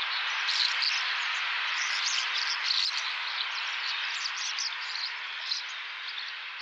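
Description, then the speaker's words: Massed Common Starlings chattering, many birds at once producing a seething blend of clicks, buzzes and short whistles, fading slightly toward the end. Large group of starlings, a mix of two West Clare groups at Loophead and Lisheen Feroor; each bird seems to do its own thing, but together they make a huge, seemingly frenzied sound. "Here we will hear a mix of two West Clare groups. One at Loophead, the other at Lisheen Feroor."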